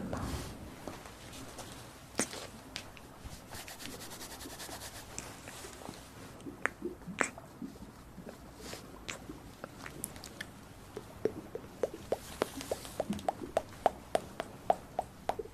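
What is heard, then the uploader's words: Wet mouth sounds: sharp clicks and smacks land irregularly over a soft, low hush. They are sparse early on and grow quicker and denser after about eleven seconds, with a few brief pitched squeaks near the end. Head relaxation and mouth sounds.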